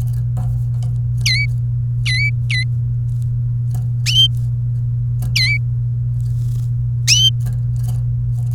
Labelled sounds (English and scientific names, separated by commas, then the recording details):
Domestic Canary (Serinus canaria) song
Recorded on 27 April 2018 at 16:26
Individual llb3